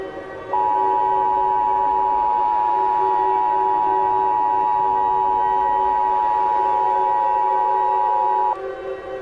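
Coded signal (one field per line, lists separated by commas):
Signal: Emergency Alert System (SAME) tones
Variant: 853 and 960 Hz attention tone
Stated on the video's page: Fictional EAS scenario using valid EAS tones.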